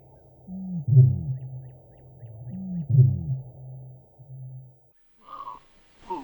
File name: Botaurus stellaris